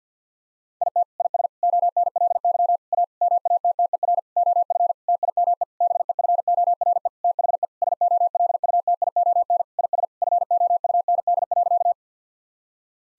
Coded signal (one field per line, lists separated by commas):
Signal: Morse code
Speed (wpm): 50 wpm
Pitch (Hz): 700 Hz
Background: none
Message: IT IS ONLY A MATTER OF TIME BEFORE THE SOLUTION IS FOUND.